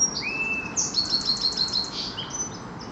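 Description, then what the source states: Sparrow singing clear whistled notes on two pitches, then a rapid series of bright chipping notes, with a constant rushing wash underneath. Sparrows on an ocean shore.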